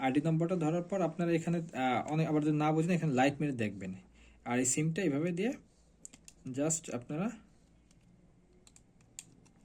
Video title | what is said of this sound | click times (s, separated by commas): SINOTRACK ST901M Gps Tracker . গাড়ি সুরক্ষা এখন সম্পূর্ণ আপনার নিয়ন্ত্রণে! #sinotrack #spytrackgps | এভাবে পুশ করে দেবেন, এখানে একটা শব্দ হবে, ক্লিক করলে পর বাতি জ্বলবে, দেখতে পাচ্ছেন সিগন্যাল, এই যে | 9.2 s